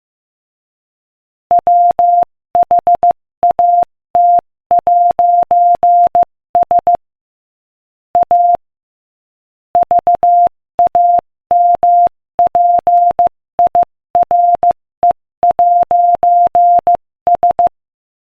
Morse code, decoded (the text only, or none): WHAT'S A VAMPIRE'S